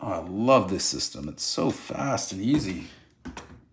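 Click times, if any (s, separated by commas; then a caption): 3.4 s. Someone talks, then a hub carrier is pushed into the aluminum knuckle assembly on a 1/5-scale RC truck. A soft knock at 3.2 s is followed by a short, sharp snap at 3.4 s as the hub carrier pops into place and seats.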